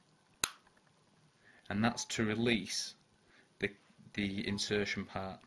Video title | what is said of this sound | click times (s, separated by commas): Medtronci VEO Quick Set infusion setup | there's just a little release button here that you press down and you'll feel it click | 0.4 s